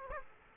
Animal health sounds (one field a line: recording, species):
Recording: mosquito wingbeat signal from an infrared sensor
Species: Aedes aegypti